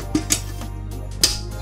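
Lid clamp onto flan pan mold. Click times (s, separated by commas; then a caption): 0.3 s, 1.2 s. After the flan mold is coated, a metal lid is put back on the flan pan and its clamps are snapped shut. A softer knock at 0.2 s comes before two sharp, bright clicks at 0.3 s and 1.2 s, the second the loudest. The lid is clamped closed and seated.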